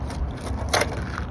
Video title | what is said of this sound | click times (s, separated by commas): Branch 268 Safety | Let that click into place. | 1.2 s